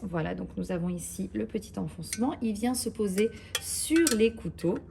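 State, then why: Not seated. A butterfly whisk attachment, its small recess set directly onto the blade assembly in the mixing bowl of a Thermomix TM6, is handled with light clinks while someone talks throughout. The whisk has not yet been tilted sideways to lock it, so nothing has seated or clicked yet.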